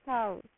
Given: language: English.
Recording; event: throat vibration sensor signal played as sound; speech